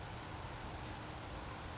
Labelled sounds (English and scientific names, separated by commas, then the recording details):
Western Flycatcher (Empidonax difficilis)
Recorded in Sonoma County, California